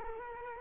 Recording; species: mosquito wingbeat signal from an infrared sensor; Culex quinquefasciatus